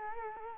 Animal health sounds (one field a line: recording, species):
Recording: mosquito wingbeat signal from an infrared sensor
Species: Culex quinquefasciatus